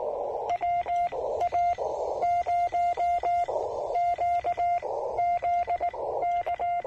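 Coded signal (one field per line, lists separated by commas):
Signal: Morse code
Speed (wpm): 18 wpm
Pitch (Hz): 700 Hz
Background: radio noise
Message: WA0QZK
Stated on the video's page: Portable Parks on the Air activation using a Yaesu FT-817ND, end-fed half-wave antenna and Begali Traveler key, with power lines nearby.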